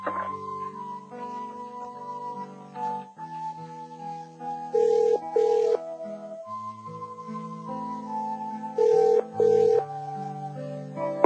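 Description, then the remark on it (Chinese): A telephone rings in two short double bursts, its bright electronic tone cutting through steady background music, with a pause of a few seconds between the ring pairs. “打下电话俾你。”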